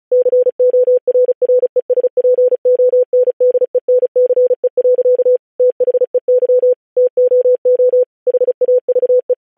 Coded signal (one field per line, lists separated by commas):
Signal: Morse code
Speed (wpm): 36 wpm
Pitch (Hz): 500 Hz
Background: none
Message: CORRESPONDENCE. THEY TOO HAVE